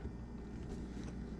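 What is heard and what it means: A press-fit part is being pushed by hand into the second side of a filed, modified SickBikeParts shift kit rear motor mount for a bicycle; this side needs less force than the first. Only steady low rumble and broadband noise are heard, with no distinct pop, and nothing has seated yet.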